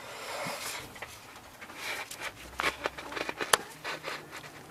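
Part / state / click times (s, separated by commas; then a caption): oil control valve into cylinder head bore / seated / 3.5 s. On a 2001 Toyota Avalon, being repaired for P0300 multiple misfire and P1354 codes, the replacement oil control valve (a solenoid valve with an O-ring seal) is pushed with both hands into its cylinder head bore so it goes all the way in and does not leak oil. Soft scraping and rubbing with a few small knocks build up, then a sharp click at 3.5 s marks the valve seating fully home.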